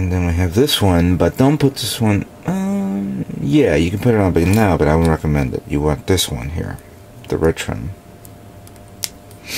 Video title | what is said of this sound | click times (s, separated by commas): *GundamCustoms* MG 1/100 V Gundam Core Booster Custom - Part 4 | and this snaps into place like so flip | 9.0 s